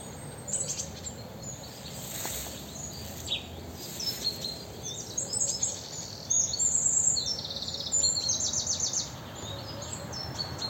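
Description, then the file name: Great tit calls: scattered high chirps, then a denser buzzy, chattering series in the second half, with steady low rumbling hiss underneath throughout. "Parus major"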